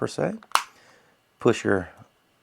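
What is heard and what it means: Someone talks while handling the plastic inner housing halves of a 2015-2017 Ford 5-button car key fob, whose receptacles have been hooked over the hooks so the halves can be pressed together around the new coin batteries. A brief sharp handling noise cuts in between the words. Nothing has seated or clicked yet; the halves are not yet home.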